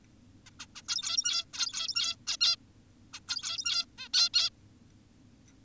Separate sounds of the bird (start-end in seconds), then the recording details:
0.46-0.50, 0.60-0.66, 0.76-0.82, 0.89-1.45, 1.54-2.16, 2.27-2.37, 2.41-2.56, 3.14-3.20, 3.28-3.86, 3.98-4.09, 4.14-4.29, 4.34-4.50. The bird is an adult. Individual g17y2U